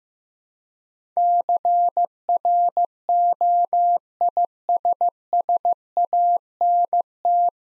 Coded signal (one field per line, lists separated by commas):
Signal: Morse code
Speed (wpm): 15 wpm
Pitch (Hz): 700 Hz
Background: none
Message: CROISSANT